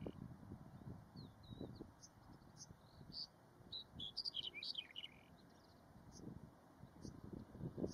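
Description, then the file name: Black-headed bunting song: one high phrase of quick chirping notes tumbling down at the end, set against low rumbling and knocking noise. "Canto da escrevedeira de cabeca preta"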